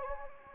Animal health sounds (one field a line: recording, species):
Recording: mosquito wingbeat signal from an infrared sensor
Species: Anopheles gambiae